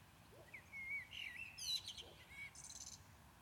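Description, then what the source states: Common blackbird delivering a warbled whistled phrase with wavering notes, then a thin squeaky trill finishing the phrase, steady low background noise. Recorded at Maindy.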